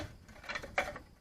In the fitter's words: an adapter pops right in place